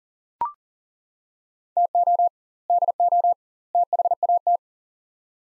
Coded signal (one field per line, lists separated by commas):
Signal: Morse code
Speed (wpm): 40 wpm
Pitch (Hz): 700 Hz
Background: none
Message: TO DO THAT